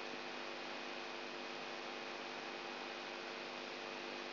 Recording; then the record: brain microelectrode recording played as sound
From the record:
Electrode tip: outside the subthalamic nucleus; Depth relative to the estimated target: -2 mm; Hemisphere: right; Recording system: AlphaMap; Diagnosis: Parkinson's disease